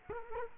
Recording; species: mosquito wingbeat signal from an infrared sensor; Culex quinquefasciatus